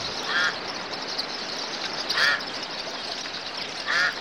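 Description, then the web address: Bird calls: three harsh quacking notes at an even pace, roughly every one and three-quarter seconds, over a constant high hiss. "audio animali uccelli 05 uccelli birds 01"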